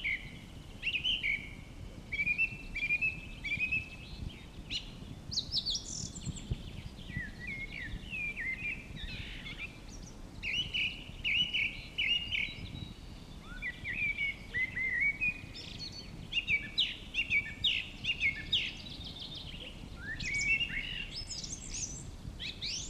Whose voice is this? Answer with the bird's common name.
Song Thrush